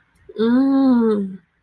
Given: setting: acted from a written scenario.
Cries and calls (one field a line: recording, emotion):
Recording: vocal sound without words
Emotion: realization